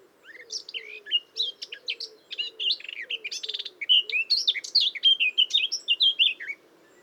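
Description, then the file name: Eurasian blackcap song: a long, varied warbled phrase building from soft twittering into loud, clear fluting notes. "Sylvia atricapilla"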